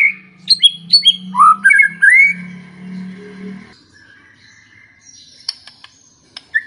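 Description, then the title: White-rumped shama singing several loud whistled and slurred notes over a low steady hum, then near silence with faint clicks. Lure recording of an actively singing (gacor) white-rumped shama, played to make other shamas respond and sing straight away. "PANCINGAN MURAI BATU GACOR"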